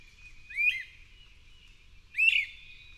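Bird song: two bright whistled phrases with quick up-and-down sweeps, about a second and a half apart, over faint low rumble.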